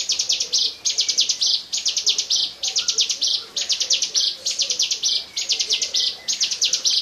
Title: Suara Burung Ciblek